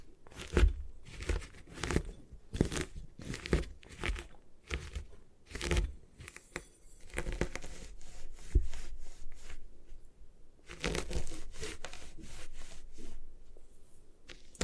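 Gym chalk being crushed and ground in rapid, crunchy bursts, a steady rhythm of gritty scrapes with brief pauses around ten seconds.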